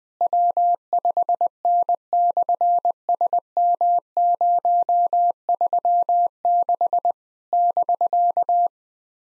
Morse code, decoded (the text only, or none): W5N/SM036 <BK>